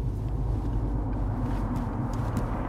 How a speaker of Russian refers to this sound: Он выкручивает руль влево. Машина разворачивается на 180 градусов и возвращается обратно.